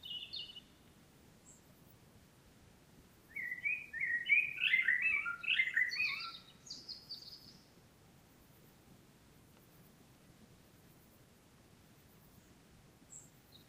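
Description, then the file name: Common blackbird song: a warbled run of fluty notes lasting about four seconds, ending in squeaky high twitters, with a few faint high notes before it. "Turdus merula"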